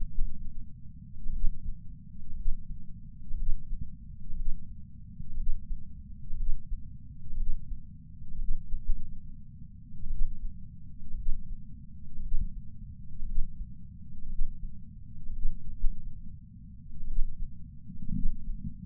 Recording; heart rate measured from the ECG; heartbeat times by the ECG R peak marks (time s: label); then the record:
heart sounds by patch sensor on the chest; 60 bpm
0.12 s: heartbeat
1.31 s: heartbeat
2.34 s: heartbeat
3.35 s: heartbeat
4.34 s: heartbeat
5.35 s: heartbeat
6.35 s: heartbeat
7.35 s: heartbeat
8.37 s: heartbeat
8.83 s: heartbeat
10.08 s: heartbeat
11.15 s: heartbeat
12.20 s: heartbeat
13.23 s: heartbeat
14.27 s: heartbeat
15.31 s: heartbeat
15.77 s: heartbeat
17.05 s: heartbeat
18.11 s: heartbeat
From the record:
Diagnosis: coronary artery disease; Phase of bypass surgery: preoperative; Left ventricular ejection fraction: 61.1%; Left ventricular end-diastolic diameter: 60 mm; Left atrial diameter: 40 mm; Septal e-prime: 7.9 cm/s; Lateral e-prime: 9.6 cm/s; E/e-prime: 7.5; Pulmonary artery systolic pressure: 34 mmHg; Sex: male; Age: 65 years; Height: 168 cm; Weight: 73 kg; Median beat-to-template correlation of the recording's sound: 0.92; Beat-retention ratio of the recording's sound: 1.00